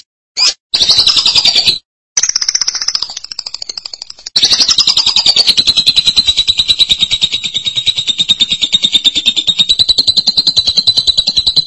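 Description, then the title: Lovebird chatter, a short sharp note then rapid high trilling broken by brief gaps, ending in a long steady unbroken chatter of about seven seconds. "BM Suara Burung Lovebird"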